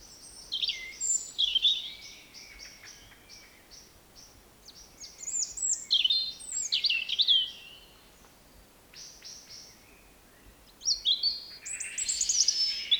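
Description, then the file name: European robin song: several short, high, varied warbling phrases with thin trills, separated by pauses of a second or more, over faint clicking. "Erithacus rubecula"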